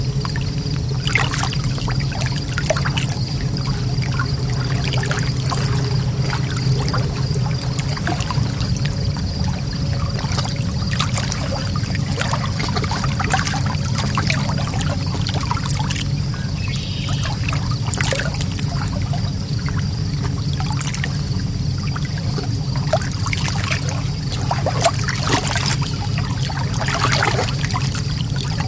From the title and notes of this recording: In this episode, we bring you the calming and tranquil sounds of a serene lake shore. Listen as the gentle waves lap against the shore, creating a soothing rhythm that can help you relax and unwind. This episode features only natural soundscapes with no dialogue or voice.